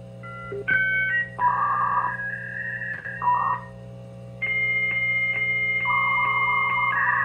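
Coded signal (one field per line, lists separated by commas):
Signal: dial-up modem handshake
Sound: quick dial tones, then a steady high answer tone with periodic clicks and warbling tones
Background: low electrical hum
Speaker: and hit connect and see if it works prepare [Music] [Applause] dialing [Music] [Music] was quite a connection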